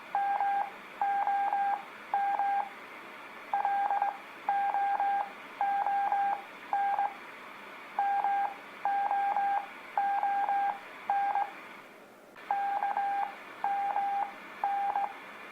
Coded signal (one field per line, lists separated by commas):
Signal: Morse code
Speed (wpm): 17 wpm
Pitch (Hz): 800 Hz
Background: radio noise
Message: MOM LOON MOON KMN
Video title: Practice Morse Code With Letters K L M N O | Beginners